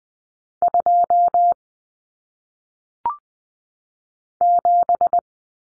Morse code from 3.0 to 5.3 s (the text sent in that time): 7